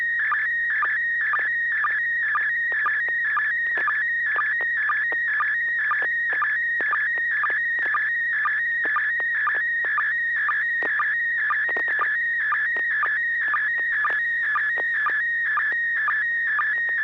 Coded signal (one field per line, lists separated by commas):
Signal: SSTV (slow-scan television)